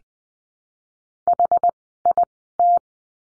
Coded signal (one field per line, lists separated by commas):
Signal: Morse code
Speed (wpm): 20 wpm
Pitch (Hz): 700 Hz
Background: none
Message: HIT